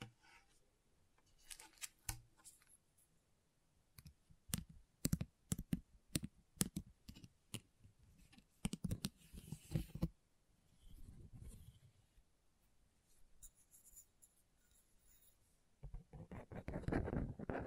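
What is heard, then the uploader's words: Scratchboard being worked, with sharp scraping strokes that come in quick bursts, densest between about four and ten seconds. Each stroke is a crisp, bright scratch. Quieter stretches follow, with softer rubbing and a low rumbling brush near the end. ASMR Brain Tingling Scratchboard (No Talking).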